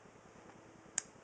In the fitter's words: locks in place pull back to unlock and a closer